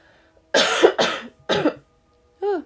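An adult woman coughs in three bursts, then gives a short voiced sound; she has taken cough medicine.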